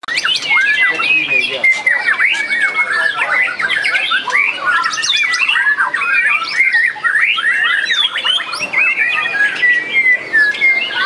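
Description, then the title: White-rumped shama song, a dense, nonstop flow of whistled slurs, chirps and rapid notes. "murai batu"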